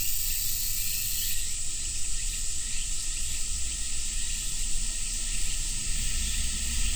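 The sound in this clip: Cicada chorus as a constant high sizzle, slightly shifting in tone near the start, with steady low rumble underneath.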